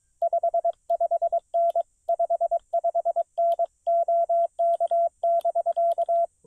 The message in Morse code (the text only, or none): 55N 55N OK <BK>